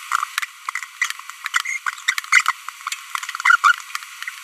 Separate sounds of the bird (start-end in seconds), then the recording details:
1.65-1.78, 2.08-2.14, 2.32-2.52, 3.45-3.56. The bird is a female. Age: 23 days. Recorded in a nest box in Venezuela. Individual 17B42B2